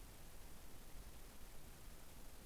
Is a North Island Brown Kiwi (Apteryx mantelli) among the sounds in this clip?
no